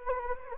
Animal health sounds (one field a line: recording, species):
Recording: mosquito wingbeat signal from an infrared sensor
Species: Anopheles gambiae